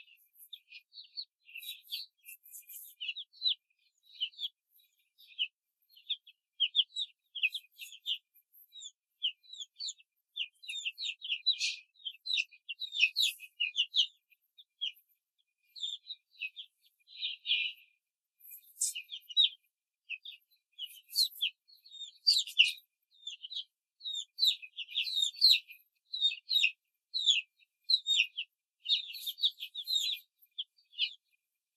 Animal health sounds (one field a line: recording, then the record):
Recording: young laying hens in a cage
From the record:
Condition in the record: control cage, before the stress test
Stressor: none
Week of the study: 4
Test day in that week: 1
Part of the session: 2